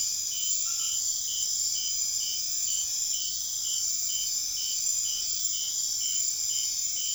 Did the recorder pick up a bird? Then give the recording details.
no. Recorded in secondary vegetation near Puerto Asís, Putumayo, Colombia, on 25 June 2025 at 23:30. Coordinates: 0.500, -76.326. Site GP08